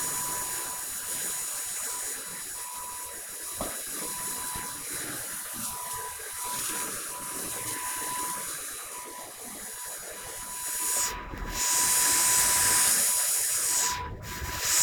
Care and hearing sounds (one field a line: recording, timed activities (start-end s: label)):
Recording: household activities, microphone on the right wrist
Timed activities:
0.00-14.83 s: vacuum cleaning